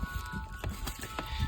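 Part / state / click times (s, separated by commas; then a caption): plastic cover/retainer piece sliding onto a satellite dish wall-mount bracket / seated / 0.6 s, 1.2 s. A plastic cover piece slides along a Starlink satellite dish wall-mount bracket on an overlanding awning mount, after the dish cable has been plugged in through the bottom of the mount. Two short sharp hits sound at about 0.6 s and 1.2 s over a low rumbling background, and either one could be the click. The piece clicks into place and is seated.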